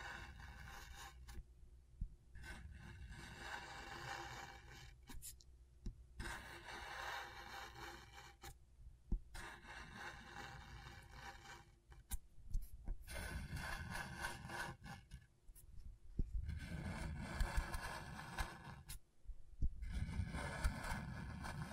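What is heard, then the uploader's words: A tool scratches across a scratchboard in short rasping strokes, each lasting a second or two, with brief pauses between them. The strokes are gritty, some harsher than others, over a low rumble and a faint steady hum. ASMR Brain Tingling Scratchboard (No Talking).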